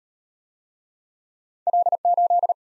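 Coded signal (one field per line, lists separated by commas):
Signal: Morse code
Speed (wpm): 39 wpm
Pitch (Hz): 700 Hz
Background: none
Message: L8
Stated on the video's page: Morse practice of two-character letter-number combinations, starting fast and slowing to a 25 wpm base, with a final repeat at maximum speed.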